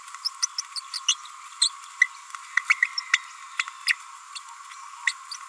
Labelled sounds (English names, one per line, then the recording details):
Green-rumped Parrotlet babbling
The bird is a female
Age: 29 days
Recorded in a nest box in Venezuela
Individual 17B42A4